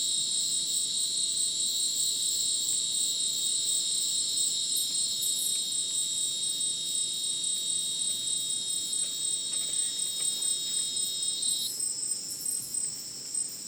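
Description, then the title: Shrill cricket chorus with layered tones; one band cuts off near twelve seconds and the sound thins and quietens at the end. Dense insect chorus sounding like a polyrhythmic electronic concert, after sunset in dense rainforest, Madidi National Park, Ucumari, Bolivia; AT BP4029 microphone, MixPre 6 recorder. "Madidi National Park, Ucumari, Bolivia - Supersonic Crickets in the rainforest"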